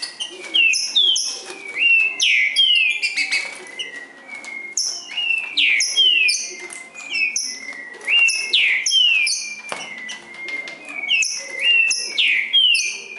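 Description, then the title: Green-winged saltator song: sweet whistled phrases with falling slurs and sustained tones, delivered steadily in short bursts throughout. Singing in the forest while competing with a wild bird. "Trinca Ferro NICÃ O"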